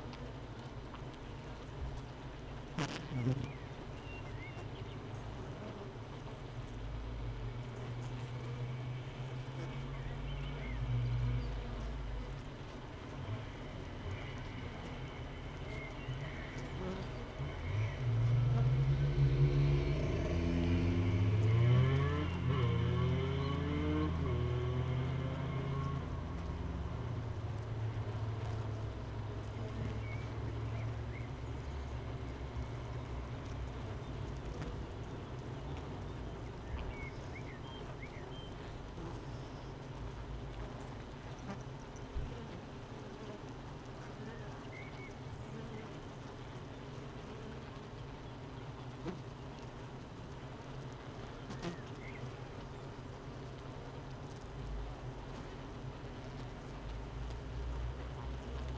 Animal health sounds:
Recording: honeybee colony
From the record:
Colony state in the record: missing queen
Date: 31 May 2018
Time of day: 7:58

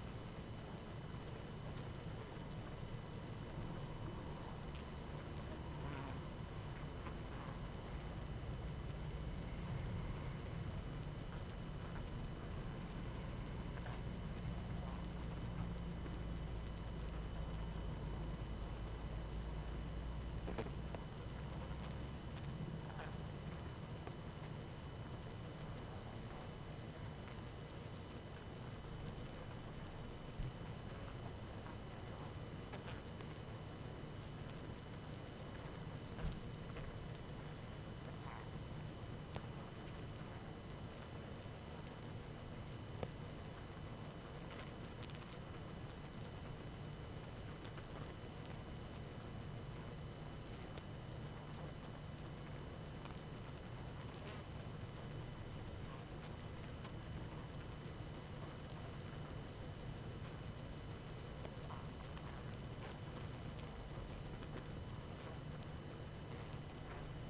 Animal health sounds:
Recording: honeybee colony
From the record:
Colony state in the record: active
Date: 12 June 2018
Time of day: 20:01

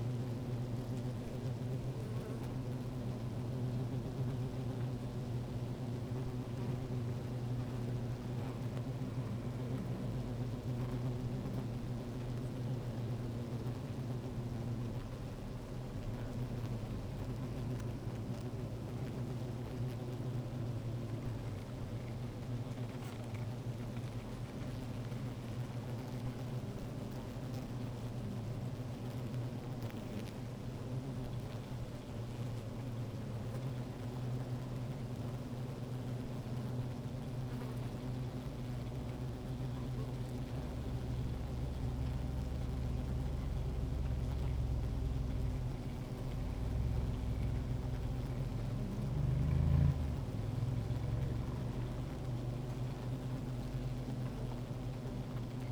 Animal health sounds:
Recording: honeybee colony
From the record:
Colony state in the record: active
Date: 28 July 2017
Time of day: 16:10

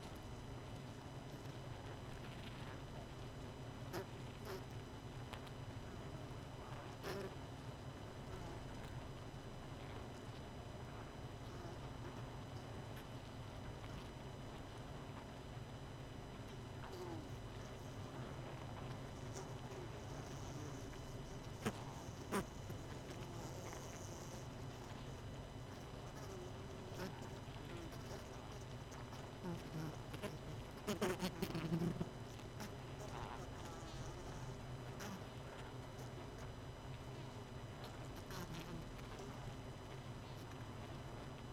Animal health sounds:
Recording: honeybee colony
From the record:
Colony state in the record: missing queen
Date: 31 May 2018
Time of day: 20:24

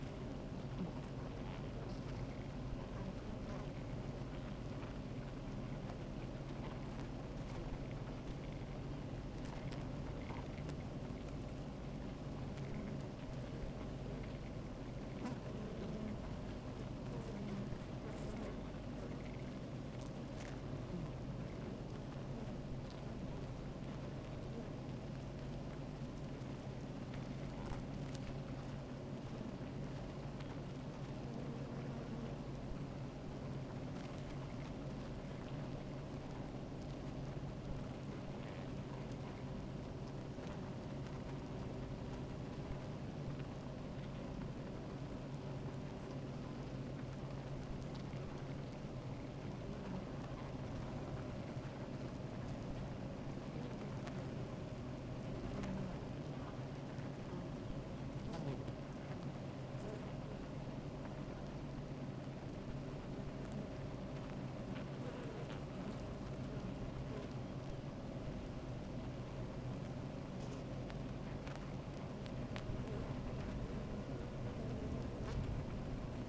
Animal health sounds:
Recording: honeybee colony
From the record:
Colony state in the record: active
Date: 28 July 2017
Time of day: 13:10

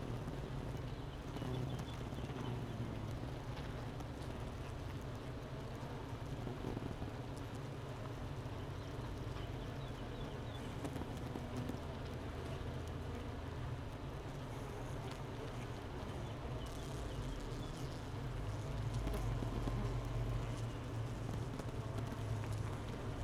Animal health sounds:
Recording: honeybee colony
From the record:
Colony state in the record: missing queen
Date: 31 May 2018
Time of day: 9:24

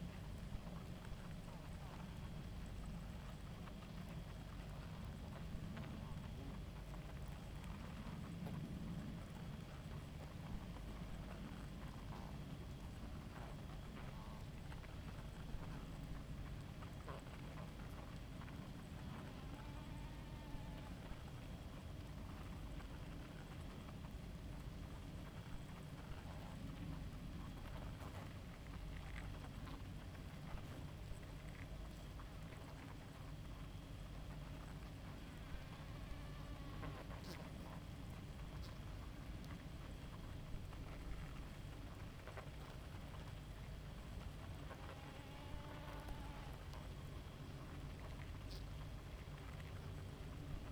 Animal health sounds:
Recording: honeybee colony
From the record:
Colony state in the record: active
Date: 28 July 2017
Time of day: 0:12

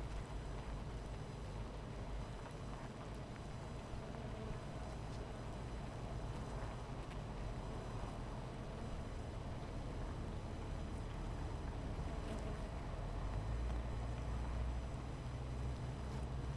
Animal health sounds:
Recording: honeybee colony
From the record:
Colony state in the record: missing queen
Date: 14 July 2017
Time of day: 17:50

